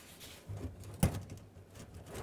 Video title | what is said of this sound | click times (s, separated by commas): How To Replace Fuel Tank Straps 1997-2004 Dodge Dakota | Snap this on, make sure you hear the click. | 1.0 s